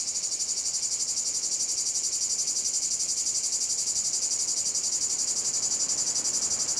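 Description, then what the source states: Loud, continuous cicada chorus, a sizzling high buzz throbbing evenly about four times per second from start to finish. Cicada field at Domaine de la Sablière, Saint-Privat-de-Champclos, France; recorded with a Zoom H6 using an M/S microphone.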